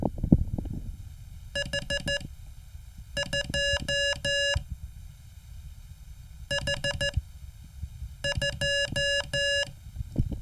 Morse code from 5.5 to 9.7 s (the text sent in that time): H2